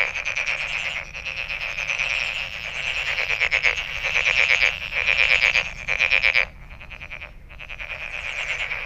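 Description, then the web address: Frog chorus of fast, raspy pulsed calls, loudest in the middle, then dropping to a quieter, thinner chorus toward the end. Recorded 23 May 2008. "misc sound frog frog 20080523"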